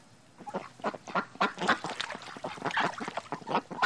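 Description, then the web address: Mammal calls: a dense, rapid run of harsh, nasal calls, about four each second, some overlapping. "звери"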